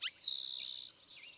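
Eastern towhee song: a short low note, a bright downslurred whistle, then a fast buzzy trill, followed by faint soft notes.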